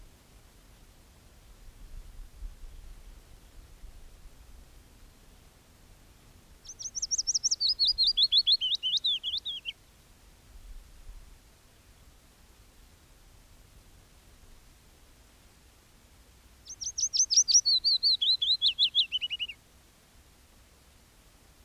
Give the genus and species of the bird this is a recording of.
Phylloscopus trochilus